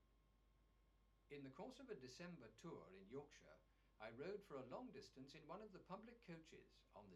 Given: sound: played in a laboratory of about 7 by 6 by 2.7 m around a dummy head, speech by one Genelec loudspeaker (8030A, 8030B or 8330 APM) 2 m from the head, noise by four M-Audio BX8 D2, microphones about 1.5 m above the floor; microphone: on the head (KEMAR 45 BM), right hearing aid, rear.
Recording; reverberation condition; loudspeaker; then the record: male speech in English; low; 60 degrees to the right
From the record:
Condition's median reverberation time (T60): about 310 ms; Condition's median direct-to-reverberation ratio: about 3.5 dB